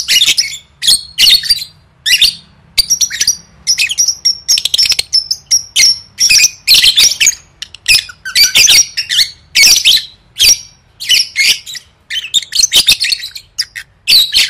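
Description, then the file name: Lovebird chattering almost continuously, rough squawks alternating with thin whistled chirps and squeaks over about fifteen seconds. "tieng vet mau don"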